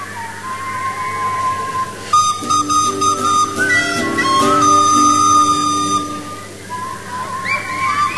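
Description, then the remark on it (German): An audience whistles a tune together, thin high tones sliding between steady notes, with a lower, fuller tone joining in the middle before the whistling carries on alone. “Pfeifen, nicht?”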